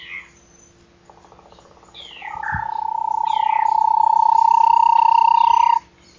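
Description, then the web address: Bahia tapaculo giving a long, low, even trill that rises slightly in pitch and swells in volume for about three and a half seconds, with brief higher chirps before and during it. "Bahia tapaculo. صدای-پرنده-تپلک-باهیا"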